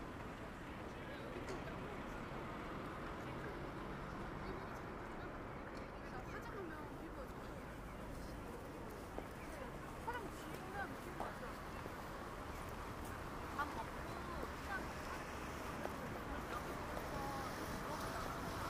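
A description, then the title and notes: Daytime street ambience in Akihabara: a dense, steady wash of crowd chatter over a low rumble of traffic that holds at an even level throughout. Occasional brief clicks and louder voices pop out, more often in the second half. Akihabara,daytime.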